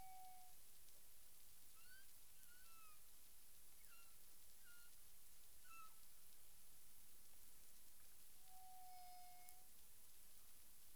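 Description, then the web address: Humpback whale song units: a steady tonal moan near the start and end, with short rising and falling whistled sweeps in between, over constant hiss. Caribbean, 9 April 2002, 18:12 UTC. "CARIMAM. humpback whale 20020409 181253 UTC"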